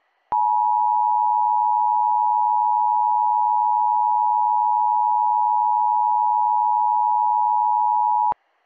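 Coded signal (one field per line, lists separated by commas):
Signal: Emergency Alert System (SAME) tones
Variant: 853 and 960 Hz attention tone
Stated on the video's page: Fictional EAS scenario using valid SAME headers.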